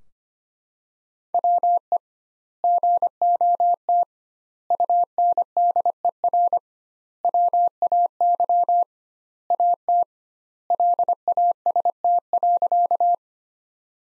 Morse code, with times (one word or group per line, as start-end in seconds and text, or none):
1.3-2.0 WE
2.6-4.0 GOT
4.7-6.6 UNDER
7.2-8.8 WAY
9.5-10.0 AT
10.7-13.1 LAST.